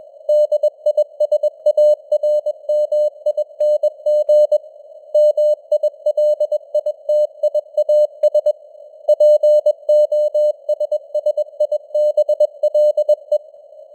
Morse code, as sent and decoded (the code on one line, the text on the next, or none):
-.. .. ... .- .-. -- .. -. --. / -- .. .-.. .. - .. .- ... / .--. --- ... ... .. -... .-.. .
DISARMING MILITIAS POSSIBLE